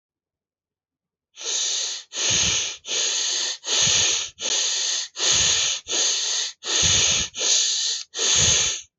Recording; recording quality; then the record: shallow breathing; excellent, no background noise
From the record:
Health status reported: healthy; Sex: male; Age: 25 years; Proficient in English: yes